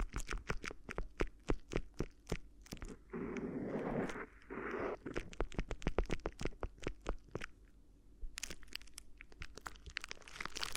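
Crinkly ear massage: a dense run of sharp crackles and crunches, snapping rapidly and irregularly across the whole clip. Between about 3 and 5 seconds a softer, rushing rub takes over with fewer clicks, then the quick crinkling snaps return and continue to the end.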